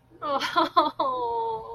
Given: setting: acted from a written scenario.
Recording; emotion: vocal sound without words; adoration